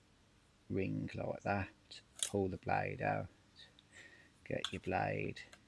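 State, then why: Not seated. A metal saw blade is handled at the quick-change blade clamp of a Bosch AdvancedRecip 18 cordless reciprocating saw, with its spring ring moved to release the old blade, while someone talks throughout. Brief faint ticks occur near 3.8 s and 5.8 s. The blade has not yet clicked into place; nothing has seated by the end of the clip.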